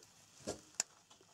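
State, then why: Seated. A plastic wiring-harness plug is pushed onto the new crankshaft position sensor on the engine of an Opel Astra H, replaced to fix fault code P0335 / ECN0335. After a duller rustle around 0.5 s, a short, sharp, quiet click is heard at 0.8 s as the connector locks. The plug is seated.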